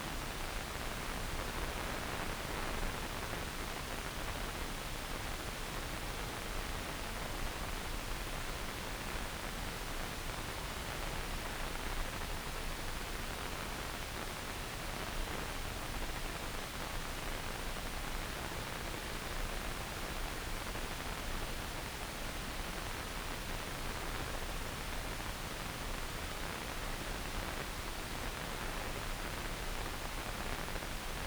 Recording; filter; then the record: brain microelectrode recording played as sound; wide band, above 20 Hz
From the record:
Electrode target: subthalamic nucleus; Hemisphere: left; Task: reaching with the right hand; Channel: 1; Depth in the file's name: 0.251 mm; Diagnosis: Parkinson's disease